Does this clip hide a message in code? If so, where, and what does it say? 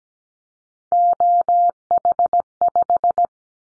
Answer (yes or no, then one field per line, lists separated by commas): yes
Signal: Morse code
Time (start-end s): 0.9-3.3 s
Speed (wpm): 17 wpm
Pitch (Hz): 700 Hz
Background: none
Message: OH5